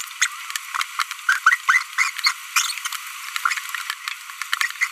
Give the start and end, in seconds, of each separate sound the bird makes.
0.22-0.27, 0.99-1.03, 1.46-1.55, 1.69-1.82, 1.98-2.10, 2.24-2.32, 2.56-2.73, 4.81-4.87